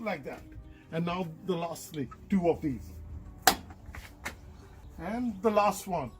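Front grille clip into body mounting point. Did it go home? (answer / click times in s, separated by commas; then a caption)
yes / 3.5 s. On a Chevrolet Trailblazer, one of the last plastic front grille clips is pressed home into its body mounting point, snapping in with a loud, sharp snap at 3.5 s, followed by a few fainter ticks. The clip seats. Someone talks before and after.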